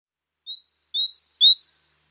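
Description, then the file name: Great tit song: three quick two-note phrases, a high thin whistle followed by a shorter, higher note, repeated about every half second against a silent background. "Parus major"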